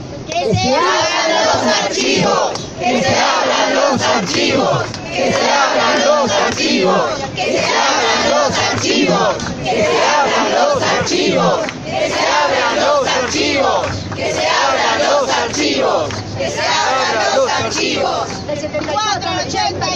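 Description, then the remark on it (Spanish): A large crowd at a Thursday round shouts loudly together in sustained, overlapping bursts of voices, rising and falling in waves without letting up for the whole stretch. “Así que bueno, gritemos fuerte que llegue hasta allá.”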